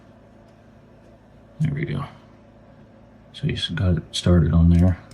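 A part of a 3D printed safety razor head is started onto the razor by hand, ready to slide along into place. Someone talks over a low, steady background hum. Nothing has seated or clicked yet.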